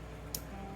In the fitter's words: Pop it on here and turn it until it snaps in.